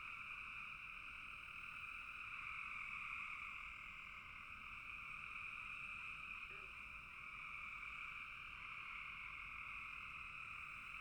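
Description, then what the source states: Dense chorus of frogs, a constant buzzing trill layered in a mid and a higher band, barely changing in loudness, with one short low sound midway. Frogs in a bog.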